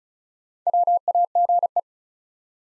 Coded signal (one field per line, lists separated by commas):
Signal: Morse code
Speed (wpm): 36 wpm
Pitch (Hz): 700 Hz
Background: none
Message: WAGE